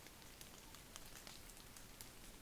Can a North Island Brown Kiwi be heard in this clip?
no